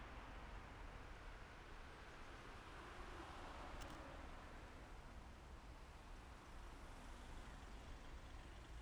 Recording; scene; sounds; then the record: everyday scene through a hearing-aid microphone; in traffic; traffic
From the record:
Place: main city hub, rush hour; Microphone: behind the ear, left, rear